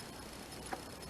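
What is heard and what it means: A retaining clip is fitted onto a lawnmower transaxle shaft during gear reassembly. Against a steady low background, one short, small tick sounds at 0.7 s as the clip snaps on and seats.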